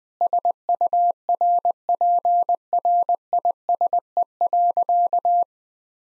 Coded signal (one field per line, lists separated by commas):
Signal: Morse code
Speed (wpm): 20 wpm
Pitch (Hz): 700 Hz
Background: none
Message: SURPRISE.